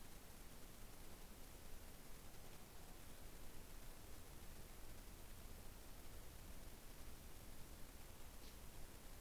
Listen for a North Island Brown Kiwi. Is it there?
no